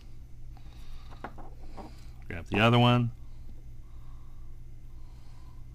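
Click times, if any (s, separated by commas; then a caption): none. The second motor wire plug of an Eachine EX120 brushed FPV hexacopter is handled near its socket on the flight controller, with a few faint handling taps while someone talks. Nothing has seated or clicked into the socket yet.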